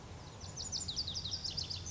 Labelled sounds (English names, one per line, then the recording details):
Lazuli Bunting
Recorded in Sonoma County, California